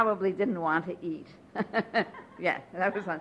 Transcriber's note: they laugh